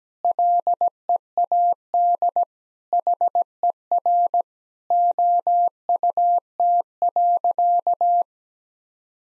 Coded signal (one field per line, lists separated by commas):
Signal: Morse code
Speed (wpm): 17 wpm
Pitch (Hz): 700 Hz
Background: none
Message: LEAD HER OUT.